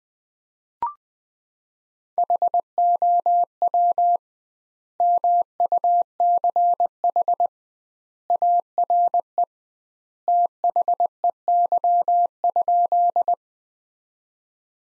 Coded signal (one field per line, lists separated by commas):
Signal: Morse code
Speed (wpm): 20 wpm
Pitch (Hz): 700 Hz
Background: none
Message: HOW MUCH ARE THEY?